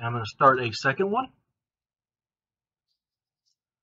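Someone talks briefly while starting a second plastic zip tie by threading its tail through the locking head, followed by silence. Nothing has clicked or seated yet.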